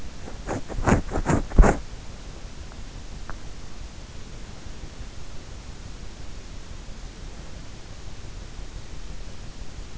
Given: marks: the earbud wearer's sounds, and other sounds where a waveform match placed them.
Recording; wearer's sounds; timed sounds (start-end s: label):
sounds in sleep by an in-ear microphone; body movement
0.00-1.96 s: body movement